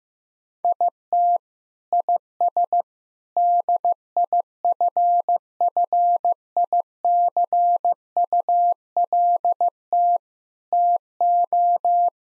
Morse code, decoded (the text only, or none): IT IS DIFFICULT TO